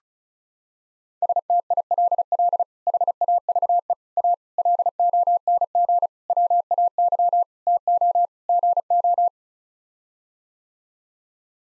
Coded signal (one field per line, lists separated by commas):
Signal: Morse code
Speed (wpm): 36 wpm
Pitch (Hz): 700 Hz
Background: none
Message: STILL HAVE A LONG WAY TO GO